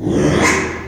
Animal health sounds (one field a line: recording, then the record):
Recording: squeal of a Yucatan mini pig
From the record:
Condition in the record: after surgery on the right vocal fold (resection and tissue-engineered implant)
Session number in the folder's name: 3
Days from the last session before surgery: 33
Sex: male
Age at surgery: 12 weeks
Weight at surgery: 13 kg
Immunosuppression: cyclosporine, prednisolone